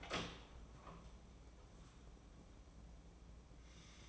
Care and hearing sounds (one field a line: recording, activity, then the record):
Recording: daily activity, microphone in the room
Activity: open door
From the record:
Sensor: 1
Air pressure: 1012.3 hPa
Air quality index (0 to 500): 164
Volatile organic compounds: 3 ppm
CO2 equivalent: 1344 ppm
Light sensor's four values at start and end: 815/1754/824/937 and 799/1717/807/917